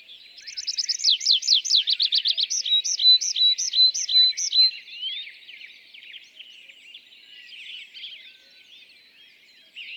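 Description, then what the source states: Tree pipit singing a quick sequence of rapid descending notes that slows into drawn-out whistled phrases, followed by several seconds of soft mixed birdsong. Display flight song of a bird newly arrived from migration; La Sarcena, Val Drôme, France, 27 April 2020; sings from top of isolated tree by a meadow, rising then parachuting down; Nagra Seven, MKH40.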